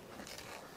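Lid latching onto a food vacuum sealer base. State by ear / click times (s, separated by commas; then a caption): seated / 0.3 s. A bag is placed in the middle of a food vacuum sealer, and its plastic lid is pressed down onto the base until it latches. A short, sharp click is heard at 0.3 seconds over a low, steady background. The lid is seated and closed.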